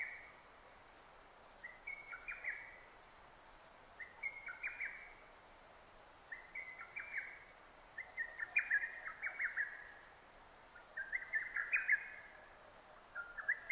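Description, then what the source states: Lesser cuckoo giving six staccato song phrases, short rapid note groups repeated after short pauses, growing busier toward the end. Recorded 6 June 2009.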